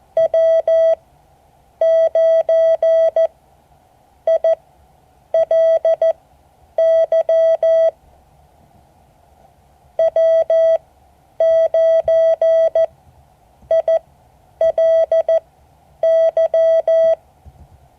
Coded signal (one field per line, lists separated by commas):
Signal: Morse code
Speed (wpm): 14 wpm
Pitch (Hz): 650 Hz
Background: none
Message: W9ILY W9ILY